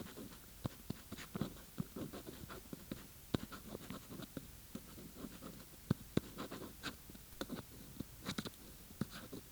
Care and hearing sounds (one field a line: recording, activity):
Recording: daily activity, guitar pickup as the sensor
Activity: write